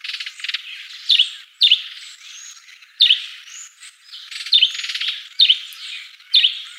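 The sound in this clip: Sparrow calls: several loud chirps at irregular intervals, with quieter chatter in between.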